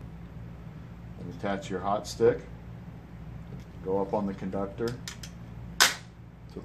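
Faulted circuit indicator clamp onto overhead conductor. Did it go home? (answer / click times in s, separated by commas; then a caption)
yes / 5.8 s. An overhead faulted circuit indicator is pushed up on a hot stick onto a power line conductor while someone talks. At 5.8 s its spring clamp snaps shut with a sharp, gunshot-like crack, locking onto the conductor.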